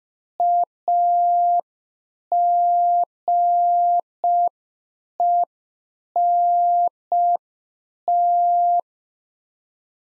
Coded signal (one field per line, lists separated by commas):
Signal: Morse code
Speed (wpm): 5 wpm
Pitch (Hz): 700 Hz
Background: none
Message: AGENT